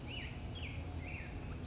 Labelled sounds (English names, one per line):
Black-headed Grosbeak